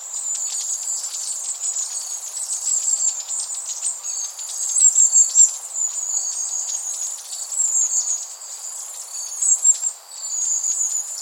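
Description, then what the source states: Long-tailed tit giving thin, very high calls in short runs of quick notes, over a steady shrill hiss. Recorded 21 September 2016.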